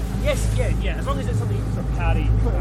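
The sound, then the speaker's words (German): A motorboat engine drones steadily with a deep, constant low rumble that never lets up, while a voice talks over it throughout. “Unser Motorboot ähnelt einem kleinen Seenotrettungskreuzer. Seetüchtig, schnell, voll modernster Technik. Nach wenigen Minuten übernimmt der Autopilot und steuert stur West-Nordwest auf das 140 Kilometer entfernte St. Kilda zu.”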